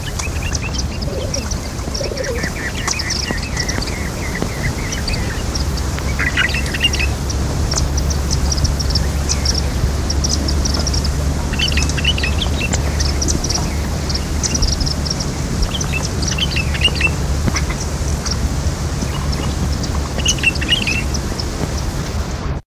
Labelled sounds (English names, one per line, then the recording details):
Indian Silverbill call
Red-vented Bulbul
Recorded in captivity
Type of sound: call
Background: Pycnonotus cafer
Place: Jodhpur, IN
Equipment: Halbspur, 9,5 cm/s
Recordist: Lütgens, Hans
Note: Rufe